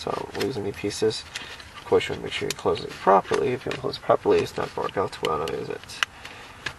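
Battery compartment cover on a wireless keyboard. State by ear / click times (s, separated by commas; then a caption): seated / 6.2 s, 6.7 s. Someone talks while pressing the plastic battery and dongle compartment cover on the back of a Zoweetek wireless Bluetooth keyboard closed. Two short clicks at 6.3 s and 6.7 s mark the cover snapping shut into place.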